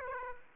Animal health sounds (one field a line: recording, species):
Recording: mosquito wingbeat signal from an infrared sensor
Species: Aedes aegypti